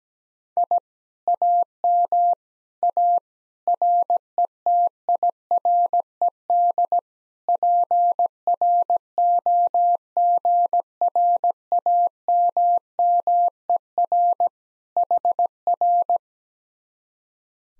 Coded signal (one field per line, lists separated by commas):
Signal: Morse code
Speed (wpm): 17 wpm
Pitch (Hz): 700 Hz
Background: none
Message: I AM A RETIRED PROGRAMMER HR